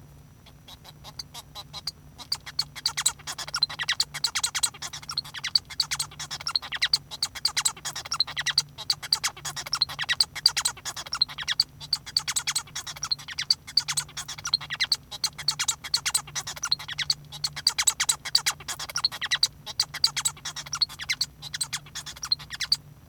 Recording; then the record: song of a male Bengalese finch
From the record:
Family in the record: son of father 1